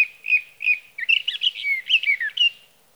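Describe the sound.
Sage thrasher song opening with a few evenly spaced clear notes, then breaking into a hurried jumble of warbled, slurred phrases.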